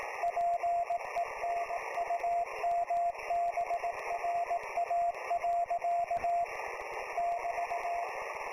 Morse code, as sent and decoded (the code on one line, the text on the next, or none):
.--. . -. ..- -- -... .-. .- .-.-.- / -...-
PENUMBRA. <BT>